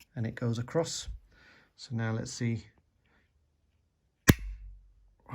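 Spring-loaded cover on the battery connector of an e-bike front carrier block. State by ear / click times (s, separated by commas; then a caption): seated / 4.3 s. Someone talks while testing the spring-loaded plastic battery connector cover on a Brompton Electric folding e-bike's front carrier block, after its spring was refitted under its triangle and pressed across. The cover closes with one sharp, loud snap at 4.3 s, and it now snaps shut properly.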